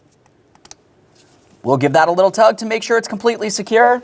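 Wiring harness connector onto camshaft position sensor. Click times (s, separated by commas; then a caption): 0.7 s. A wiring harness connector, lined up with its locking tab, is pressed onto a new camshaft position sensor for a 1998-2011 Ford Ranger 2.3L L4. Faint clicks are heard, with the loudest at 0.7 and 0.7 seconds as the connector clicks in and seats. Someone then talks while giving it a tug to make sure it is secure.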